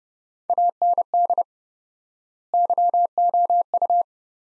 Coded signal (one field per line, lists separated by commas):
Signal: Morse code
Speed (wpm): 30 wpm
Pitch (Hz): 700 Hz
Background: none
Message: AND YOU